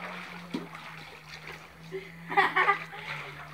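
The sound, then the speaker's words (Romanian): A young boy splashes bathwater while swimming in the bath: a single slap early on, then a quick cluster of sloshing splashes, all over a steady low hum. “Băi, nu da pe jos apă, mă!”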